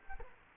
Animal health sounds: mosquito wingbeat signal from an infrared sensor; Culex quinquefasciatus

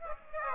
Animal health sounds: mosquito wingbeat signal from an infrared sensor; Aedes aegypti

